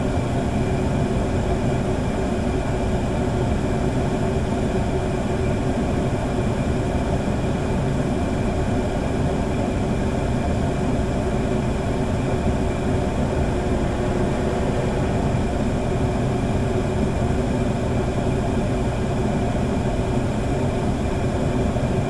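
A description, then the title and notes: A basement furnace runs steadily, its blower giving a low, even whir with a soft roar of flame underneath. The sound stays constant and dense for the whole stretch, heaviest in the low end, with faint steady tones riding above and no distinct creaks. Basement Furnace: Cozy Up with the White Noise of a Heating System. With only natural soundscapes and no dialogue or voice.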